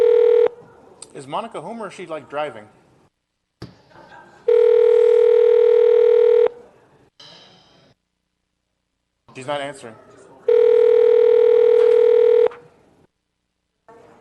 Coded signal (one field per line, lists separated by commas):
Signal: telephone call progress tone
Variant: North America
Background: speech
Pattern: ringback tone